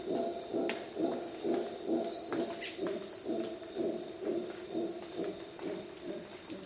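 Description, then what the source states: Howler monkey calls, low rhythmic grunting pulses repeated steadily, under a loud high insect drone and occasional chirps. At dawn in the jungle of Costa Rica.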